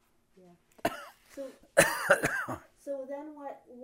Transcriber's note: coughs